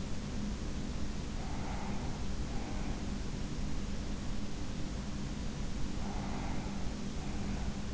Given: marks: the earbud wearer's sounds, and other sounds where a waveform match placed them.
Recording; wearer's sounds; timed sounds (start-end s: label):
sounds in sleep by an in-ear microphone; breath
1.37-3.49 s: breath
5.54-7.94 s: breath